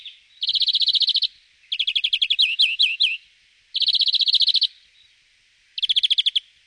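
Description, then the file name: European greenfinch trilling in four bursts, each a fast run of buzzy, metallic notes lasting about a second, separated by short pauses. "gruenfink"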